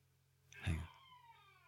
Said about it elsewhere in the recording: Can you hear the baby crying? Yeah, the monitor's on in here. My son just woke up. Good that he's almost one.